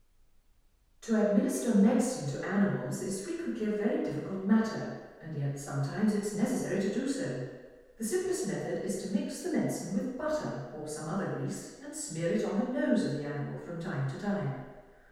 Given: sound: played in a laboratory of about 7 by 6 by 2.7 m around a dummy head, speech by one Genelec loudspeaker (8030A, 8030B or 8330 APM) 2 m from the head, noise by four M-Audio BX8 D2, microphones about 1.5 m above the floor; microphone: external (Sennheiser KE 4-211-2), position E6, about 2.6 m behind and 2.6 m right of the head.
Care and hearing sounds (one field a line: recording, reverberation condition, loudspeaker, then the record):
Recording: female speech in English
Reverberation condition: high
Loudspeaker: 90 degrees to the left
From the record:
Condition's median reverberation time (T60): about 1300 ms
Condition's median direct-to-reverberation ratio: about -4.0 dB